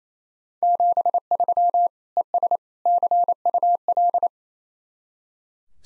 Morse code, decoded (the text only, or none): 73 ES CUL